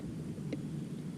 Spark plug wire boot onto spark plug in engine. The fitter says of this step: Mm-hmm. Yep. On there, right? Yep. I heard the click.